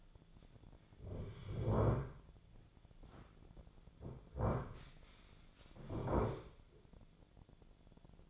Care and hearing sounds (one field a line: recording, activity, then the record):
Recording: daily activity, microphone in the room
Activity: sit down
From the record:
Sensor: 5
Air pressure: 1008.2 hPa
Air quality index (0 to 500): 154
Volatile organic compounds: 3 ppm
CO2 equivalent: 1484 ppm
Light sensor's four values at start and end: 59/165/64/64 and 59/165/64/64